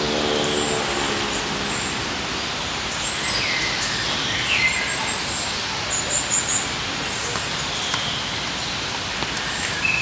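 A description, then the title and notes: In the park, a steady, dense rush of noise fills all ten seconds, much like passing traffic or falling rain. A low, droning tone sounds briefly at the start, and thin, high chirps flicker faintly now and then, most clearly around the middle. IN THE PARK. We took a walk in our favorite park and figured, that this would be the perfect soundscape! Surrounded by trees, sitting down in the shade and simply letting time pass by.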